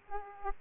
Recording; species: mosquito wingbeat signal from an infrared sensor; Aedes aegypti